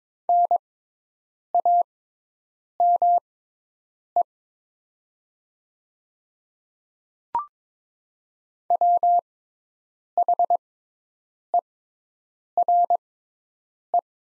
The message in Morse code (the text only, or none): NAME WHERE